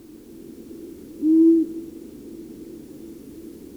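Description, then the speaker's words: Long-eared owl giving a single low, soft hoo note, short and even, over a steady low background hiss. Common in years with plenty of voles and mice, nearly absent in poor vole years. "Tämä ääntelijä oli sarvipöllö."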